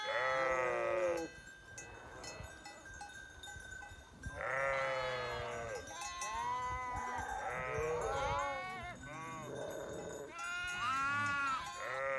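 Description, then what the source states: Sheep bleating, a loud quavering bleat opening, then a burst of several overlapping bleats of varied pitch from the middle to the end. September 2021.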